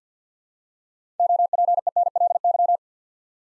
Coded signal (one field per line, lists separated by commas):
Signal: Morse code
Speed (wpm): 50 wpm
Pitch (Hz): 700 Hz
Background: none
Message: OPENLY